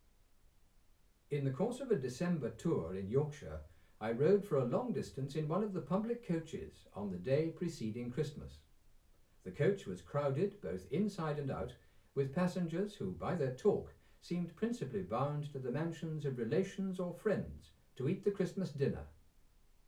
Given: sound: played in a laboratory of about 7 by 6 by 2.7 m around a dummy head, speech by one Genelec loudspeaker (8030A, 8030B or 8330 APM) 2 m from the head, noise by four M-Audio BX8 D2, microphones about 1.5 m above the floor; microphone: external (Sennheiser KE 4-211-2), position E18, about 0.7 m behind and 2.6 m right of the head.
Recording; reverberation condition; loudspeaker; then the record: male speech in English; low; 120 degrees to the left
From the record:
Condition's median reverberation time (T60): about 310 ms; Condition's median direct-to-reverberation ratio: about 3.5 dB